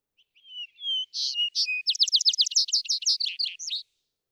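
Vesper sparrow song opening with soft whistles, then buzzy notes and a long run of quick, sharp, downslurred notes.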